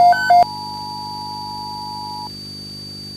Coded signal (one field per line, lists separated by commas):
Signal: Emergency Alert System (SAME) tones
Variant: 853 and 960 Hz attention tone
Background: music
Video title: A Winter's Nightmare (EAS Scenario)